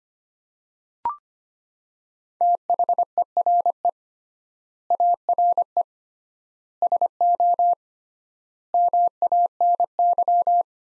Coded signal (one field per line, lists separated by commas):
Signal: Morse code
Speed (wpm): 25 wpm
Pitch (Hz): 700 Hz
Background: none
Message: THERE ARE SO MANY